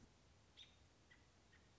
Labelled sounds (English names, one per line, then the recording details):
American Robin
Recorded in Sonoma County, California